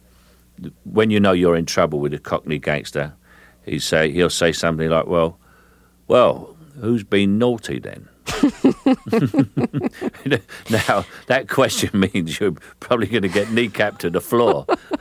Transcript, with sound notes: When you know you're in trouble with the Cockney gangster, he'll say something like, well, well, who's been naughty, then?
(LAUGHTER)
Now, that question means you're probably going to get kneecapped to the floor